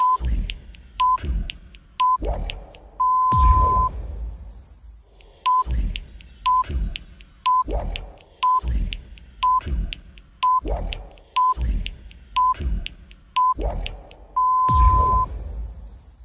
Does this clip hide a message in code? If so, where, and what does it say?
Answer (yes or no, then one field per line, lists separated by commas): no